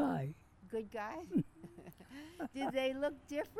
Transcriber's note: both laugh